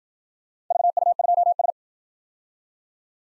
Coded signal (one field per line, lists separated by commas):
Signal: Morse code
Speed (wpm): 52 wpm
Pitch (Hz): 700 Hz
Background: none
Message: VU2S